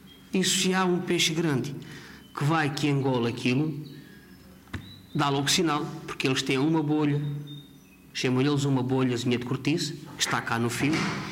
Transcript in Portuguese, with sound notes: E se há um peixe grande que vai, que engole aquilo, [pausa] dá logo sinal. Porque eles têm uma bolha – chamam-lhe eles uma bolhazinha de cortiça – que está cá no fio